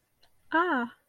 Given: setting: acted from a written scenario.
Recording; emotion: vocal sound without words; realization